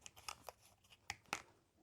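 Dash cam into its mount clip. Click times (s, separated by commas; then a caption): 1.1 s, 1.3 s. A MIOFIVE S1 Ultra 4K front and rear dash cam body is pushed back onto its adhesive windshield mount, with a few light plastic ticks at the start. Sharp snaps at 1.1 s and 1.3 s mark the clip catching, and the camera is seated tight in the mount.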